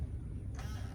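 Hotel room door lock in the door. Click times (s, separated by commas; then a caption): 0.6 s. A hotel room door lock in the door is tried again and engages with a single click at 0.6 s over a steady low rumble. The lock is confirmed as now locked.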